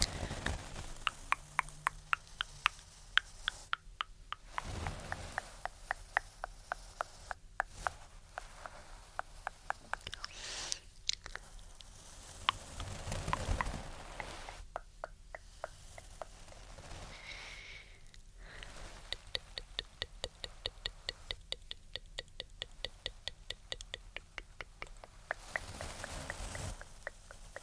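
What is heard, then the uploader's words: Brushing and tongue clicking: sharp, dry clicks repeat in quick bursts through the whole recording, sometimes dense and rapid, sometimes sparser. Soft swishing brush strokes and breathy hisses rise and fade between them, with a few louder rushes near 4, 13 and 27 seconds. ASMR ~TINGLY~ Brushing & Tongue Clicking.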